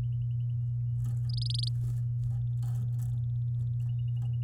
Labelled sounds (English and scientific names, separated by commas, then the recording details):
Domestic Canary (Serinus canaria) song
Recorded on 11 May 2018 at 08:49
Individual llb16